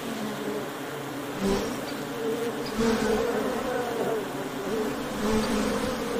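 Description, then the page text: Honey bees buzzing, a steady many-winged drone with a few louder swells over the constant hum. Ambient sound of the wing buzzing of honey bees. "環境音 ミツバチの羽音｜ Honey Bees Sound"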